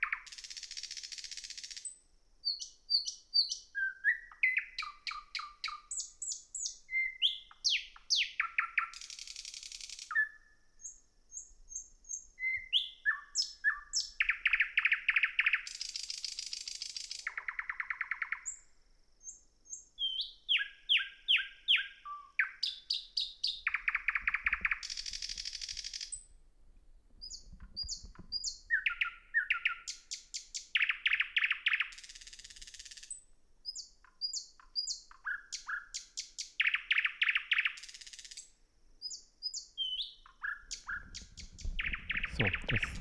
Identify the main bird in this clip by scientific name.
Luscinia luscinia